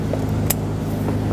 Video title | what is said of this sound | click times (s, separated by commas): How to Replace Fuel injectors 2007-2014 Chevrolet Silverado 2500 HD | once it clicks you're good to go install the engine cover | 0.5 s